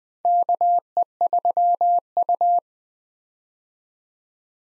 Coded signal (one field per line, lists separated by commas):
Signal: Morse code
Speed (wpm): 20 wpm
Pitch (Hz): 700 Hz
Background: none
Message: KE3U